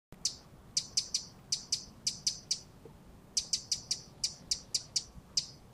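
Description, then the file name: Eurasian wren calling: dry, high ticking notes repeated in loose groups, with short pauses between groups, in an otherwise quiet setting. "Troglodytes troglodytes"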